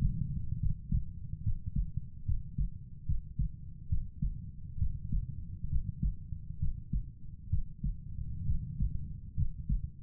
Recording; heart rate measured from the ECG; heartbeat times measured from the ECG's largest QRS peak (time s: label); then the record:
heart sounds by stethoscope; 68 bpm
0.59 s: heartbeat
1.43 s: heartbeat
2.25 s: heartbeat
3.06 s: heartbeat
3.89 s: heartbeat
4.78 s: heartbeat
5.69 s: heartbeat
6.59 s: heartbeat
7.50 s: heartbeat
8.46 s: heartbeat
9.36 s: heartbeat
From the record:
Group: healthy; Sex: male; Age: 35 years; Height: 178 cm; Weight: 64 kg